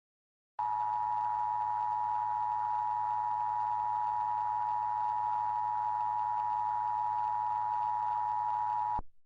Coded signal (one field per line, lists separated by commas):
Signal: Emergency Alert System (SAME) tones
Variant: 853 and 960 Hz attention tone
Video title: EAS Scenario 6: Kameron EXE